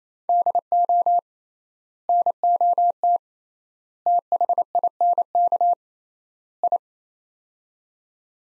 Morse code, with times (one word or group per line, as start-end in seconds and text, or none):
0.3-1.2 DO
2.1-3.2 NOT
4.1-5.7 THINK
6.6-6.8 I